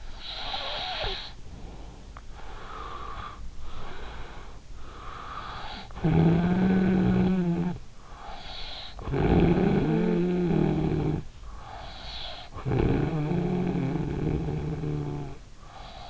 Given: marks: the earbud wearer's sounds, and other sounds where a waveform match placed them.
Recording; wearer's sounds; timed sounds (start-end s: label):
sounds in sleep by an in-ear microphone; breath, snoring breath
0.00-4.75 s: breath
4.75-16.10 s: snoring breath